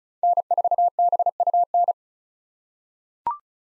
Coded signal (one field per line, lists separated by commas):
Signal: Morse code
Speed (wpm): 36 wpm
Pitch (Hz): 700 Hz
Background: none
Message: N4BUN